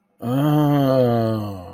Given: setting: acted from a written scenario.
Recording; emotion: vocal sound without words; realization